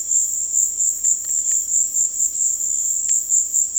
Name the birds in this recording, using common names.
none